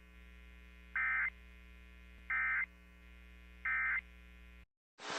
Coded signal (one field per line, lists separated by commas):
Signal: Emergency Alert System (SAME) tones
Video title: Thunderstorms, Yes | 3/11/26 EAS Alert Compilation (EAS #3096-3107)